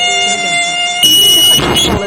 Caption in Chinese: 在重度耳鸣患者的耳朵里面， 这个声音会持续， 如果不治疗，它就不会停止。